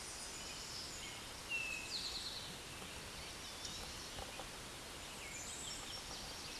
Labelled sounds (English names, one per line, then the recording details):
Eastern Towhee song
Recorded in a Pennsylvania forest on 16 May 2024 at 08:26
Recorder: AudioMoth, point MSD-1368
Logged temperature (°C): 12.5 °C
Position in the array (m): 2 m, 43 m